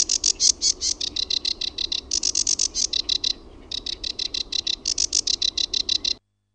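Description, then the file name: Sedge warbler song of hurried, scratchy repeated notes in quick bursts, with a short break before the chatter resumes. "RUOKOKERTTUNEN"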